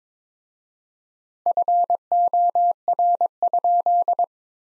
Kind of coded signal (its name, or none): Morse code